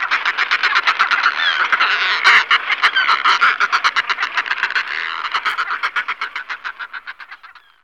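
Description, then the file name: Northern fulmar cackling: a fast, rough, guttural chatter of pulses, about four a second, running steadily and then fading away toward the end. "buřňák-lední"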